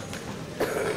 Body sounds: coughing mixed with background sound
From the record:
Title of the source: 31 night wet cough

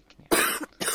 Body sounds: coughing mixed with background sound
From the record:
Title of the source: 30 Chesty and wet cough

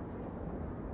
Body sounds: background sound without coughing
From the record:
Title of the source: Train Ride Ambience ambient white noise for sleeping, focus, studying, reading

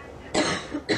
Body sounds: coughing mixed with background sound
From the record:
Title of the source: female coughing - coughing sound effects girl

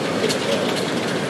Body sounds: background sound without coughing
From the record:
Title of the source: Office Sounds Ambience - Background Noise for Study and Work

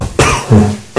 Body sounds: coughing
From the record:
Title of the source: Mid-morning Winter Coughing Fit

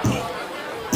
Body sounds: coughing mixed with background sound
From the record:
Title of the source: Spring Cold Coughing.

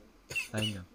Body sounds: coughing mixed with background sound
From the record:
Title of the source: Dry Afternoon Cough

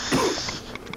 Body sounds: coughing mixed with background sound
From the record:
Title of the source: Coughing 77

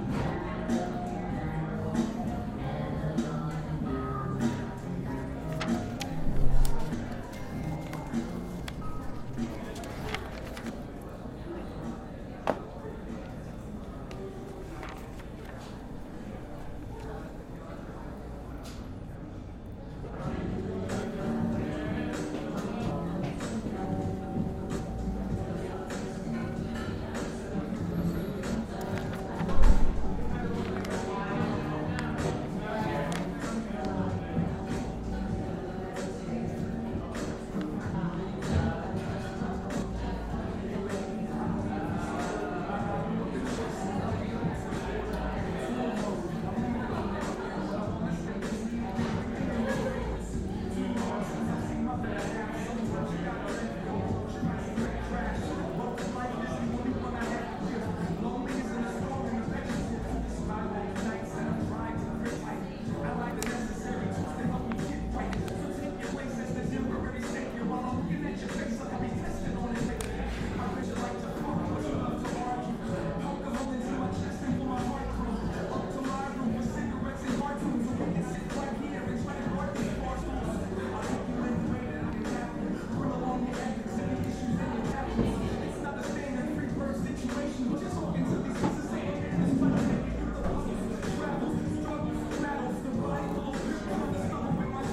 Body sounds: background sound without coughing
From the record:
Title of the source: 60 minutes of coffee shop sounds for study and concentration

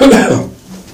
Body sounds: coughing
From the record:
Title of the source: Residual Phlegmy Morning Coughing and Gagging

